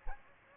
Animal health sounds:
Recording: mosquito wingbeat signal from an infrared sensor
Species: Aedes aegypti

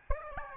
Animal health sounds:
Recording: mosquito wingbeat signal from an infrared sensor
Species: Aedes albopictus

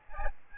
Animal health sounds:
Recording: mosquito wingbeat signal from an infrared sensor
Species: Aedes albopictus

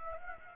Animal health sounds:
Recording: mosquito wingbeat signal from an infrared sensor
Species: Aedes aegypti

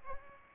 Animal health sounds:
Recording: mosquito wingbeat signal from an infrared sensor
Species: Aedes albopictus

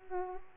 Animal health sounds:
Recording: mosquito wingbeat signal from an infrared sensor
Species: Culex pipiens

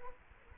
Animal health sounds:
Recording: mosquito wingbeat signal from an infrared sensor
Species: Culex quinquefasciatus

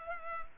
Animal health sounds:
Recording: mosquito wingbeat signal from an infrared sensor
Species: Culex pipiens

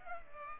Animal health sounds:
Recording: mosquito wingbeat signal from an infrared sensor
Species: Culex pipiens

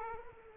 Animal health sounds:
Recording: mosquito wingbeat signal from an infrared sensor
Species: Aedes aegypti

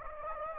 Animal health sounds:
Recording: mosquito wingbeat signal from an infrared sensor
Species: Anopheles gambiae

